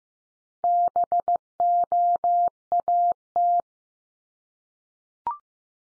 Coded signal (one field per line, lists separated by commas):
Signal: Morse code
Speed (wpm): 15 wpm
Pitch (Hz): 700 Hz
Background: none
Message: BOAT